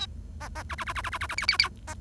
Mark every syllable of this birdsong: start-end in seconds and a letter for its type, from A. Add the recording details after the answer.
0.40-0.48 A, 0.55-0.63 A, 0.69-0.75 B, 0.78-0.84 B, 0.86-0.93 B, 0.95-1.01 B, 1.03-1.10 B, 1.12-1.18 B, 1.20-1.27 B, 1.29-1.35 B, 1.37-1.46 C, 1.48-1.57 C, 1.59-1.69 C, 1.87-1.94 A. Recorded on 1 October 2012 at 07:27. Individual or60yw70